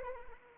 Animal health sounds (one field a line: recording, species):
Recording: mosquito wingbeat signal from an infrared sensor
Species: Anopheles arabiensis